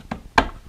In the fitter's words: Защелкиваем до щелчка. И все,